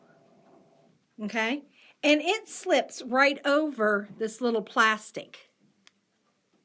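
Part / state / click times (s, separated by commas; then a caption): glue stick refill onto plastic holder of glue pen / seated / 5.9 s. Someone talks while a glue stick refill is slipped over the small plastic holder of a glue pen. At 5.9 s, a brief, faint snap is heard as the refill seats into place.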